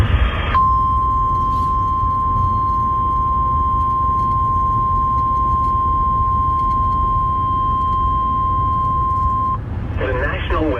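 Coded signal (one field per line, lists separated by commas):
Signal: Emergency Alert System (SAME) tones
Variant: 1050 Hz attention tone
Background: speech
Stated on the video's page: Severe-weather alerts from car radio stations captured during a long drive.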